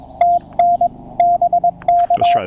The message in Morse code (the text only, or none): TN BK